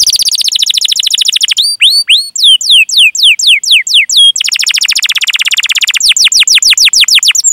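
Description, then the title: Atlantic canary song: fast rolling trills of rapid notes, then a slower run of looping, sweeping whistles, ending in another quick rattling trill. Canary singing energetically (gacor), with its best song phrasing (cengkok) and a rich fill-in repertoire (isian). "Kenari Gacor Cengkok Terbaik Isian Paling Mewah"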